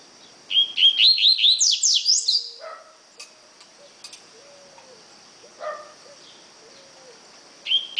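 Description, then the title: Double-collared seedeater singing a rapid phrase of rising whistles ending in high downslurred sweeps, followed by soft clicks and scattered quiet calls, then a new phrase starting. "Canto Coleiro"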